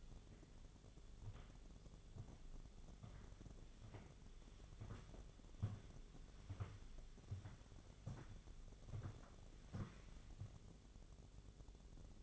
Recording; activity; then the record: daily activity, microphone in the room; walk to room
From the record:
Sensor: 4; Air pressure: 1000.8 hPa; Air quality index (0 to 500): 115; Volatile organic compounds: 1 ppm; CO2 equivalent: 874 ppm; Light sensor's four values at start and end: 87/215/92/98 and 82/204/87/93